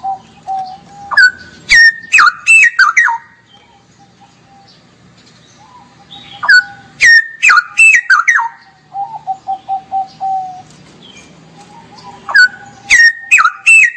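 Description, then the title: Straw-headed bulbul repeating loud, liquid warbled phrases roughly every six seconds, with runs of low even whistles between them. Used to tutor caged birds; fast, continuous singing style called ropel gacor. "mster Mnuk. Masteran Burung CUCAK ROWO. Cucak Rowo Ropel Gacor"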